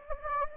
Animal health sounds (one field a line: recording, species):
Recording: mosquito wingbeat signal from an infrared sensor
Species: Anopheles gambiae